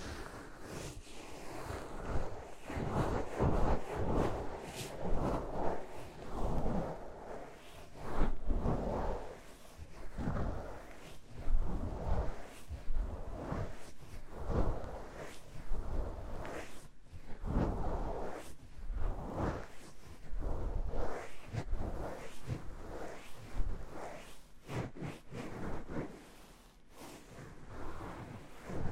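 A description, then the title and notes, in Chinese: Gloves of several kinds are rubbed and handled, making a continuous run of soft, rustling friction strokes. The swishes come in quick, irregular bursts, some fuller and heavier around 3–8 and 15–17 seconds, with dense scratchy texture throughout and no steady rhythm. 多種手套的摩擦觸發音。Glove trigger for relaxing。NO Talking。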